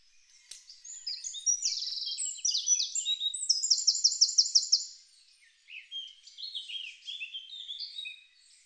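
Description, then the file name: Eurasian wren song: a piercing, rapid stream of high notes with a dry rattling trill, followed after a brief gap by a softer twittering phrase. "Troglodytes troglodytes"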